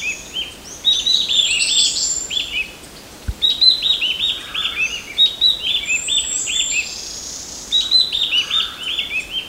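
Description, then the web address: Mountain wren-babbler calls: bursts of short, bright chirping notes in quick runs with pauses between, a high thin whistle from another bird, and one sharp click. Recorded on Mount Kinabalu at Bukit Ular, 14 August 2009. "MTKINABALUBUKITULAR 20090814. mountain wren-babbler"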